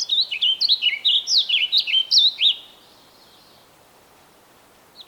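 Bird singing one quick phrase of about a dozen high, slurred chirps lasting over two seconds, then silence and a single note at the close.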